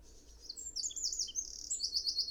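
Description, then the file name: Eurasian wren singing a loud, very high, rapid phrase of chattering notes and quick trills that starts after half a second and runs on to the end. "Troglodytes troglodytes"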